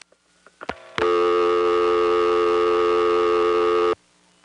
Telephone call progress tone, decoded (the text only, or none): dial tone